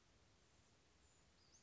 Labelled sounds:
Western Flycatcher (Empidonax difficilis)
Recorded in Sonoma County, California

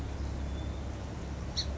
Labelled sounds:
Song Sparrow (Melospiza melodia)
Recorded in Sonoma County, California

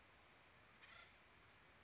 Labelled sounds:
Acorn Woodpecker (Melanerpes formicivorus)
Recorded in Sonoma County, California

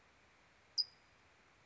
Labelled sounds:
California Towhee (Melozone crissalis)
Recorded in Sonoma County, California

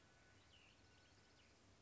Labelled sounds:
Cassin's Vireo (Vireo cassinii)
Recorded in Sonoma County, California

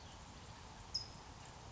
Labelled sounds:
California Towhee (Melozone crissalis)
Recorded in Sonoma County, California

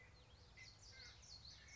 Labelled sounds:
Common Yellowthroat (Geothlypis trichas)
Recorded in Sonoma County, California

